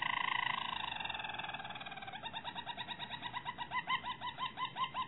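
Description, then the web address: Harz Roller canary song, a continuous roll that breaks into a bubbling, evenly pulsed series of notes. "~joaopt canarios racas canto harzers"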